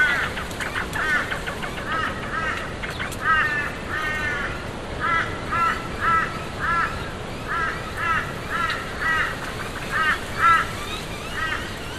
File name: zapsplat. tent inside ambience wind blow against birds crows